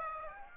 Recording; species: mosquito wingbeat signal from an infrared sensor; Aedes aegypti